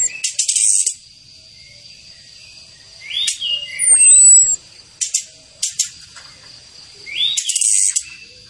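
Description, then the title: Orange-headed thrush with one high, slurred, descending whistle amid repeated short bursts of harsh, buzzy chattering. Female whistles and chattering calls used to make the thrush sing vigorously. "Anis Kembang Gacor. Suitan betina dan kretekan bikin anis kembanganis merah GACOR"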